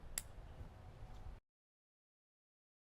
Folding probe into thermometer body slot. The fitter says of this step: And then to lock it, you'll give it a little push and you'll hear a little click and that means it's securely locked into place.